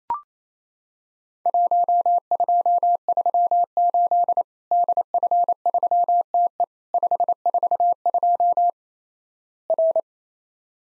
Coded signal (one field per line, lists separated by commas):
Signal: Morse code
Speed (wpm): 28 wpm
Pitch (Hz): 700 Hz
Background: none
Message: 1238 DF3TE 542 R